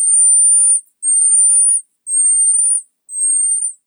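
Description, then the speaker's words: Marmoset calls: four thin, high whistled notes, each under a second long, holding level or rising slightly before dropping at the end, separated by short pauses. Baby marmosets produce varied calls that become much more consistent within two months; youngsters given the most vocal feedback from parents developed their calls fastest. "marmoset monkeys start out life producing a variety of vocalizations, but within 2 months, their calls become much more consistent."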